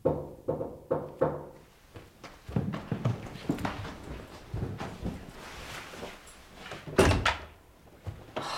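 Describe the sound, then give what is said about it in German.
A door being opened: a few quick knocking thumps, then shuffling and rattling of the handle and frame, ending in a loud, sharp clack as it swings free. “Er ist vor meiner Tür, Tyson. Mach auf!”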